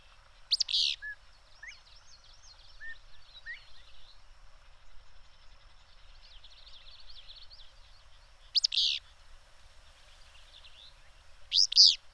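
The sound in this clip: Bird song with a few loud sharp chirps and softer twittering, warbled phrases between them, over steady faint background hiss.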